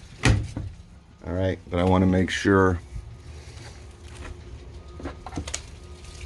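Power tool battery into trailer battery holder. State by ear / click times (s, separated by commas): seated / 0.2 s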